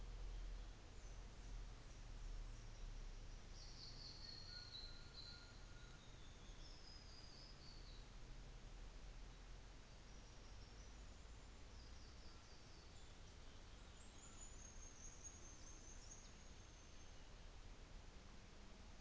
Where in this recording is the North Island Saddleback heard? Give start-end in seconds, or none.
none